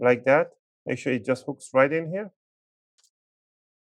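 The plastic bottom case of an MSI Thin 15 B12UCX laptop is hooked by the neck of its audio jack into place on the laptop chassis and lined up, ready to be laid flat so its clips can be pushed home. Someone talks through most of the clip, then there is near silence with a faint tick around 3.0 s. Nothing has clicked or seated yet.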